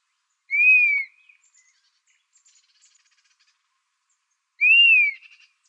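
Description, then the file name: Dusky-capped flycatcher giving a plaintive whistled call that rises slightly then slurs down, two calls about four seconds apart, with faint soft chips between. Recorded in Arizona on 15 July 2006. "DCFL 2 deviche"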